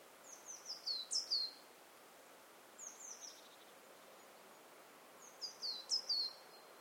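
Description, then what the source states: Coal tit calls: high, bright notes repeated in quick series, in three bouts with pauses between, over soft hiss. Coal tit most prominent in the foreground, going 'pitu, pitu', its main call.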